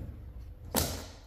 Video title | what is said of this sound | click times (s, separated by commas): ADIEU pédales SPD ! je passe au pédales MAGNETIQUES MAGPED | là ça a claqué on a entendu le claque ça veut dire que je suis apprproché | 0.8 s